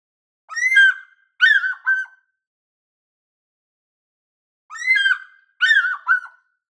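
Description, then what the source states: African fish eagle calls: two bouts of three loud, ringing, yelping notes, the first note longest and slightly falling, bouts about four seconds apart, with silence between. Described as the normal call.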